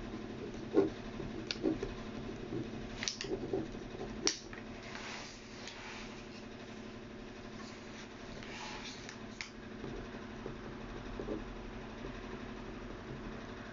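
Someone copying out text by hand. A steady low hum runs under the whole clip, with soft scratchy writing strokes in the middle stretch and sharper taps or clicks near the start and again around four and nine seconds.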